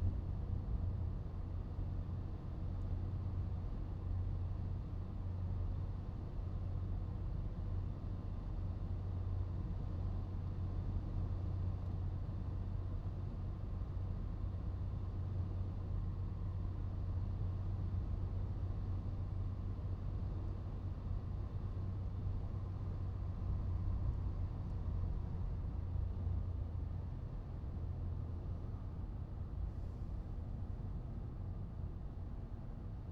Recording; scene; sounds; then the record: everyday scene through a hearing-aid microphone; in a vehicle; engine, highway driving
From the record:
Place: Skoda Fabia, gasoline engine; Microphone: in the ear canal, right